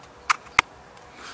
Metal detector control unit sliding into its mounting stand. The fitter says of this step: it clicks together then you have one complete unit which